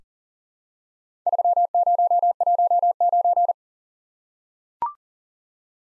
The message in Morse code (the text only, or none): 3019